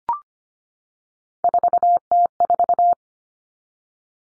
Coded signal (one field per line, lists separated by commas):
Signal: Morse code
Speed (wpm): 25 wpm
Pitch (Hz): 700 Hz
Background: none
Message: 4T4